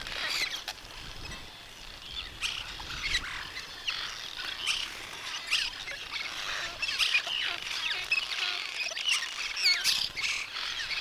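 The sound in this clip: Birds singing in a dense chorus, many overlapping high chirps, trills and squawky notes with sharp clicking bursts throughout.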